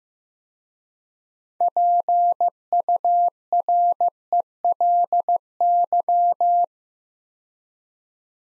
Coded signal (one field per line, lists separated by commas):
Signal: Morse code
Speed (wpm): 15 wpm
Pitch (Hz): 700 Hz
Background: none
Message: PURELY